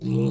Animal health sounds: pig call; weaner (32 to 43 days)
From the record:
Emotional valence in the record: negative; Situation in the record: short isolation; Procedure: open field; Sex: female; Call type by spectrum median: low-frequency call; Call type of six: low-frequency stable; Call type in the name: low-frequency stable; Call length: 0.30 s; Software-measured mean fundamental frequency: 64 Hz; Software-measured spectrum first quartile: 150 Hz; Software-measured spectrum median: 236 Hz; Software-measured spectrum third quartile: 462 Hz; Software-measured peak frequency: 180 Hz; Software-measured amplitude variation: 71 dB a second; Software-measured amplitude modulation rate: 31.2 a second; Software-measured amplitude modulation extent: 2.3 dB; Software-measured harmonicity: 6.0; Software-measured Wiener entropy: -0.68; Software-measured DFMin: 1267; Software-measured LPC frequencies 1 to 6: 327, 2630, 3791, 4219, 5084, 6125 Hz

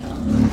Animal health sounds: pig call; growing-finishing pig (85 days or more)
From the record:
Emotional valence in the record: positive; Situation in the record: enriched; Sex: female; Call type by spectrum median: low-frequency call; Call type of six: low-frequency modulated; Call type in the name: low-frequency modulated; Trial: 2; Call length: 0.52 s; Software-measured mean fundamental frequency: 41 Hz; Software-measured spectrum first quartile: 154 Hz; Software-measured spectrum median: 228 Hz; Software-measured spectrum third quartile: 339 Hz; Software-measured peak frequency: 236 Hz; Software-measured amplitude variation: 186 dB a second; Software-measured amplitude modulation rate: 27.8 a second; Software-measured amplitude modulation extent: 6.7 dB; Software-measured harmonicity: 2.7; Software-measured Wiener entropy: -1.04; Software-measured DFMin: 1251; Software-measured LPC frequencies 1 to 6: 234, 1061, 3957, 4724, 5574, 6248 Hz

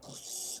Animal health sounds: pig call; piglet (1 to 25 days)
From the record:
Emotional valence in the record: negative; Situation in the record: restrain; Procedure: sham castration, cut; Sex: male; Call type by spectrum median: high-frequency call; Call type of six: high-frequency modulated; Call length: 0.60 s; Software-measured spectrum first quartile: 4578 Hz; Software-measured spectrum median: 6560 Hz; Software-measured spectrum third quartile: 8049 Hz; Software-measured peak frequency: 8138 Hz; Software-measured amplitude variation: 93 dB a second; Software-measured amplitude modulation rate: 19.1 a second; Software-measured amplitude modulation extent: 4.9 dB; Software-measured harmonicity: 0.2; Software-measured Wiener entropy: -1.94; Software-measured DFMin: 1471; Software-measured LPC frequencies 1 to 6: 613, 3048, 3529, 4717, 5711, 6631 Hz

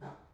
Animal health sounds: pig call; growing-finishing pig (85 days or more)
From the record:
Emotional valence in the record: positive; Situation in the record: run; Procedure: transit

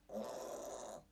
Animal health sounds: pig call; piglet (1 to 25 days)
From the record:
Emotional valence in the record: negative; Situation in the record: restrain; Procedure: back test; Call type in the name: low-frequency call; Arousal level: maximum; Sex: female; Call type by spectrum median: low-frequency call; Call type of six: low-frequency stable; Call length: 1.12 s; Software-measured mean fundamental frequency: 70 Hz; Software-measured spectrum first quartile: 534 Hz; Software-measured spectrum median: 848 Hz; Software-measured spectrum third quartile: 3565 Hz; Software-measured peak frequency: 537 Hz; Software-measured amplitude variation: 144 dB a second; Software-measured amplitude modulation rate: 29.5 a second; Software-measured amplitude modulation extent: 4.9 dB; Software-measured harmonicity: 3.8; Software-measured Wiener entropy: -3.10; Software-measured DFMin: 1772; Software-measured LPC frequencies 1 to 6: 600, 3798, 6079, 6789, 8310, 9696 Hz

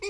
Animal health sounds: pig call; weaner (32 to 43 days)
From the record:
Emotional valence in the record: negative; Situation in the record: short isolation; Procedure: open field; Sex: female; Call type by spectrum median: low-frequency call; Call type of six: high-frequency stable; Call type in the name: high-frequency stable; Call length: 0.10 s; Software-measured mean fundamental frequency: 385 Hz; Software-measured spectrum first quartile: 414 Hz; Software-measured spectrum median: 1301 Hz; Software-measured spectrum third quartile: 3508 Hz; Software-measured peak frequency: 397 Hz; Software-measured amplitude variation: 30 dB a second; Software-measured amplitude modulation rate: 14.2 a second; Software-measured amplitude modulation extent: 2.1 dB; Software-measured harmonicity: 11.0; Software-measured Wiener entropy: -3.24

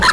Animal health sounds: pig call; piglet (1 to 25 days)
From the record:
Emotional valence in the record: positive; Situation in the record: reunion after long isolation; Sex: male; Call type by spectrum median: low-frequency call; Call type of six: low-frequency tonal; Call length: 0.13 s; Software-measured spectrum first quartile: 1232 Hz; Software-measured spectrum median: 1807 Hz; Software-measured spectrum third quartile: 3788 Hz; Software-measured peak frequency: 1012 Hz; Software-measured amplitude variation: 101 dB a second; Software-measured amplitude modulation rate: 11.2 a second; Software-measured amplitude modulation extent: 9.0 dB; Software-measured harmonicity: 3.7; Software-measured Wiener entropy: -2.23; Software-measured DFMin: 542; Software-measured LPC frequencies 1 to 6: 1062, 1480, 1771, 3107, 4164, 5189 Hz

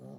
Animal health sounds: pig call; piglet (1 to 25 days)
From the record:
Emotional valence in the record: negative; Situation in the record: short isolation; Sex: female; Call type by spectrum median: low-frequency call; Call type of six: low-frequency stable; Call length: 0.20 s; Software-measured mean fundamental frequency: 60 Hz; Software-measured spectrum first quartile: 175 Hz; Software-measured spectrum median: 282 Hz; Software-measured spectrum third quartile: 553 Hz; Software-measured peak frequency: 207 Hz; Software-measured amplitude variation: 87 dB a second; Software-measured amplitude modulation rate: 27.9 a second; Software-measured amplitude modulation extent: 3.1 dB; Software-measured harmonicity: -0.6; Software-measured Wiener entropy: 0.18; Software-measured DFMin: 1103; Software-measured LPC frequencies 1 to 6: 512, 3273, 4158, 5603, 6141, 7181 Hz

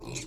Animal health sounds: pig call; weaner (32 to 43 days)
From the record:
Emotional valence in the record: negative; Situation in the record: short isolation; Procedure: open field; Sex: female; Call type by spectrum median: high-frequency call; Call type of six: mixed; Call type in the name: high-frequency modulated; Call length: 0.26 s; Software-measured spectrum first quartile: 266 Hz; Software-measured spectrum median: 2172 Hz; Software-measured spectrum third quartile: 5509 Hz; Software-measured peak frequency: 333 Hz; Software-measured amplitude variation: 118 dB a second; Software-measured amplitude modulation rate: 21.1 a second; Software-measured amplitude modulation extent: 5.6 dB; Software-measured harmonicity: 2.7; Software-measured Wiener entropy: -2.85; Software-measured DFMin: 1063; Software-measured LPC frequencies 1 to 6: 2410, 4142, 5662, 6483, 7189, 7862 Hz

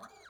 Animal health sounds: pig call; piglet (1 to 25 days)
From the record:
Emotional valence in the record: negative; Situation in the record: long isolation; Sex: female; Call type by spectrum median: low-frequency call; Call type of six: mixed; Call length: 0.30 s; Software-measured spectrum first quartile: 891 Hz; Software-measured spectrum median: 1357 Hz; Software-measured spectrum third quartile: 2706 Hz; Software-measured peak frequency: 1249 Hz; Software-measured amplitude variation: 123 dB a second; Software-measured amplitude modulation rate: 15.1 a second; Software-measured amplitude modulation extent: 8.1 dB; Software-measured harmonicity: 5.1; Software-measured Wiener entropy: -1.74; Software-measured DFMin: 921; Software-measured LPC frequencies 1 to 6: 880, 1367, 2215, 4041, 4635, 6064 Hz

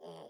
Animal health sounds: pig call; piglet (1 to 25 days)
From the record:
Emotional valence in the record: negative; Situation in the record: restrain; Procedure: in the arms of a person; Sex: male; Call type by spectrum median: low-frequency call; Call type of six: low-frequency stable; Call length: 0.29 s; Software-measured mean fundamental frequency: 52 Hz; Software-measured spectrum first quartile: 420 Hz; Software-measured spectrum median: 611 Hz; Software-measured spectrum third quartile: 1133 Hz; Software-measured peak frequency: 424 Hz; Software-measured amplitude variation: 94 dB a second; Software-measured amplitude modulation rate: 25.6 a second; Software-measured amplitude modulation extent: 3.7 dB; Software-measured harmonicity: 1.5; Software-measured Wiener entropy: -0.38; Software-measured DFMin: 1406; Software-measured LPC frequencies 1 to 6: 538, 1944, 3100, 3324, 4729, 5639 Hz

